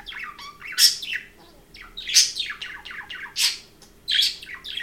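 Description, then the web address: Parrot warble: rapid chirps and slurred squeaky notes in a near-continuous chatter, broken by loud harsh squeaks roughly every second. Domestic pet parrot, chirping and talking. "domasen papagal curulika i govori"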